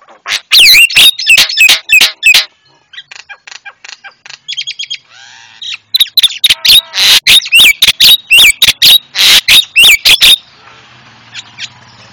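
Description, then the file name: Javan myna song: loud fast clicking and whistled chatter, a softer middle passage of buzzy notes, then another dense burst, ending in low hum. Masteran for training cage birds; white-eyed form (mata putih). "masteran jalak kebo mata putih"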